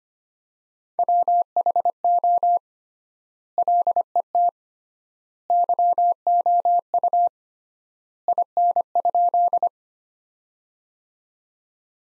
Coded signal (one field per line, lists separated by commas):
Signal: Morse code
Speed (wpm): 25 wpm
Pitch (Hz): 700 Hz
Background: none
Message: WHO LET YOU IN?